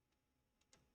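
A wiring harness plug is handled at the hot end board connector of an Anycubic Vyper 3D printer. Faint high ticks come at about 0.1 and 0.6 s, then a sharper, louder tick at 0.7 s over a low background hum. Nothing has seated or clicked yet.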